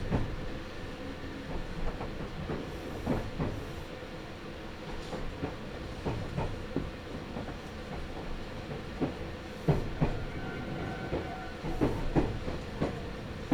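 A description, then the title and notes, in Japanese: Inside a Meitetsu Toyokawa Line limited express train, a steady low rumble carries frequent sharp knocks and clacks, some louder near ten and twelve seconds. 名古屋鉄道 豊川線 特急 豊川稲荷→国府。朝２本だけ走っている特急列車に乗ってみました。とはいえ各駅に停まって国府まで進むのでゆっくりです。折り返し列車なので到着すると座席の向きをバタンバタンと変えながら座席確保をしていきます。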